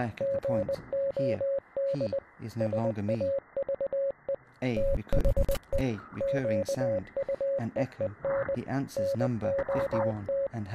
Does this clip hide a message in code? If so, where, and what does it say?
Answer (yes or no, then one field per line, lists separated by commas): yes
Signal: Morse code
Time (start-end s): 0.2-10.5 s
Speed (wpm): 20 wpm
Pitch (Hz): 550 Hz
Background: speech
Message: GOD SAVE THE QUEEN NOT